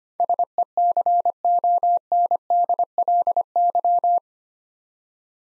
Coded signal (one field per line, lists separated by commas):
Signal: Morse code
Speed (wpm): 25 wpm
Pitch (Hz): 700 Hz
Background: none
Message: SECONDLY